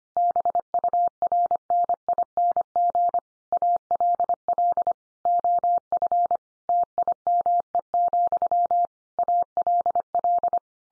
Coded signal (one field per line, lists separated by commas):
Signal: Morse code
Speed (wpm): 25 wpm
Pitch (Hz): 700 Hz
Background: none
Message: BURNING ALL OF TIME, ALL